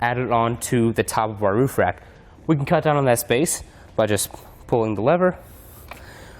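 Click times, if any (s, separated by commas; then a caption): 5.9 s. Someone talks while pulling the release lever on a Thule Hull-A-Port Aero kayak carrier mounted on the roof rack of a 2012 Toyota 4Runner and folding its upright arm down flat. At 5.9 s a short, sharp click is heard as the arm locks in place in its low position, bringing it down to four and a quarter inches above the roof rack.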